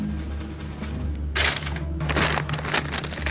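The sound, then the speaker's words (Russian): A pair of gold earrings is handed over and dropped into a small plastic bag, followed by a burst of crinkly rustling and several sharp crackles of plastic over a steady low hum, with no voices. “И вот сюда, в пакетик.”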